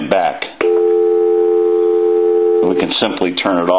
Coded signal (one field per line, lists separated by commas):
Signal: telephone call progress tone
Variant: North America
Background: speech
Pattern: dial tone